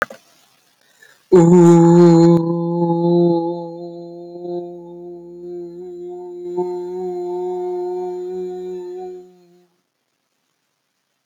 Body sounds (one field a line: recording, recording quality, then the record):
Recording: sustained vowel as in boot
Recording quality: excellent, no background noise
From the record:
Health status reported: respiratory illness, not identified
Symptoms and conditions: cold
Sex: male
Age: 18 years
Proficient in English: yes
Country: India